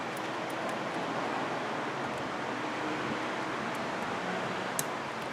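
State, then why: Seated. An electrical plug is pushed onto the newly installed AC compressor of a 2008 Honda CR-V. Steady broadband noise runs throughout, then a sharp, short snap at 4.8 seconds marks the connector seating, confirmed snapped in.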